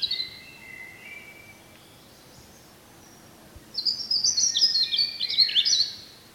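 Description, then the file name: European robin, thin whistled notes at the start, then a long burst of high, tinkling, warbled notes after a pause. "Erithacus rubecula"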